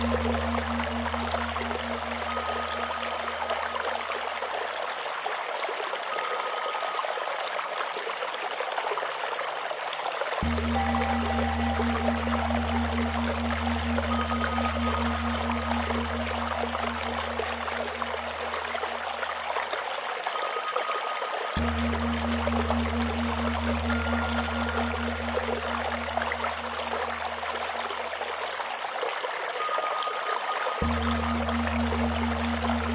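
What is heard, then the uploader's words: A bamboo water fountain trickles and pours steadily throughout, while a deep low drone comes and goes in long stretches and faint singing-bowl tones ring high above. Tibetan Singing Bowls + Bamboo Water Fountain.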